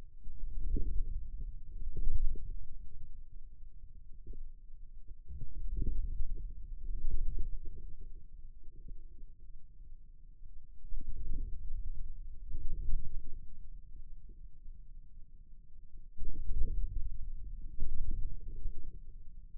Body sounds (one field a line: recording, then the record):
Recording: forearm muscle sounds (acoustic myography)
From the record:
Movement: inward rotation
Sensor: system 2, bracelet of six BSWA MPA416 microphones around the upper forearm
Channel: 2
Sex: male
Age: 22 years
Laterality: right